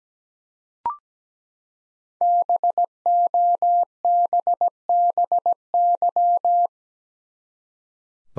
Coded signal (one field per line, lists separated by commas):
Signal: Morse code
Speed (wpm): 17 wpm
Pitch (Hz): 700 Hz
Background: none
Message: BOBBY